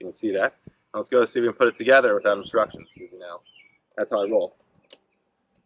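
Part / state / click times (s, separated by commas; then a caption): stick vacuum wand/attachment into main vacuum body / seated / 4.9 s. A man talks while assembling a Ryobi 18V cordless stick vacuum without instructions, pushing a plastic wand or attachment into the main vacuum body. A short, sharp click is heard at 4.9 seconds as it snaps in and seats.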